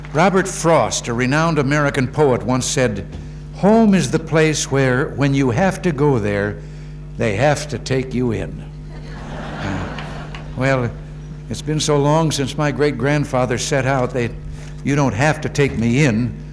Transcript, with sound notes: Robert Frost, a renowned American poet, once said, "Home is the place where, when you have to go there, they have to take you in." [Laughter] Well, it's been so long since my great-grandfather set out that you don't have to take me in.